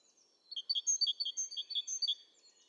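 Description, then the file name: Great tit: a quick run of many sharp, high, ringing notes lasting under two seconds. "Parus major"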